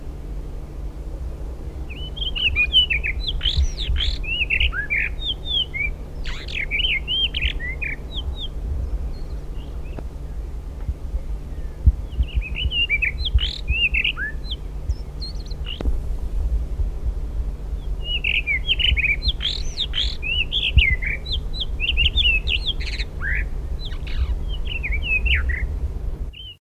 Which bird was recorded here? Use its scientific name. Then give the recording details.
Monticola solitarius. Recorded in the wild. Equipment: Halbspur, 9,5 cm/s. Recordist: Lütgens, Hans. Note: Sinkflüge